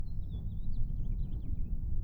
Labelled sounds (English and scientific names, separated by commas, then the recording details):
House Finch (Haemorhous mexicanus) song
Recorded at Atlantic Beach West on Long Island, New York, on 2 June 1975
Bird B